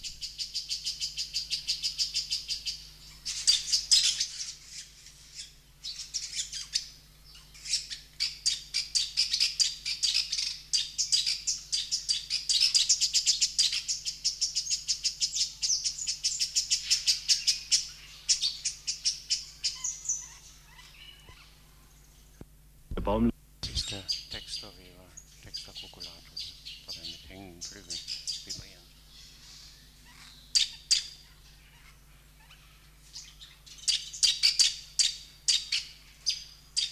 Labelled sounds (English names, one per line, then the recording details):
Spotted Thick-knee defence call
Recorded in captivity
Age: adult
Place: Zoo Berlin, Berlin, DE
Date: 1991-06-03
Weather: cloudy, 12-15°C
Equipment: Marantz, Sennheiser ME 80, Kopie Tesla B 116
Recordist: Tembrock, Günter